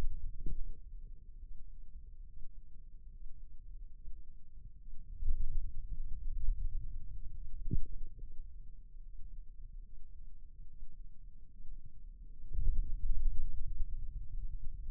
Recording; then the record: forearm muscle sounds (acoustic myography)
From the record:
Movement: ulnar deviation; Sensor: system 2, bracelet of six BSWA MPA416 microphones around the upper forearm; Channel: 6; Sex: male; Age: 22 years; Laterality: right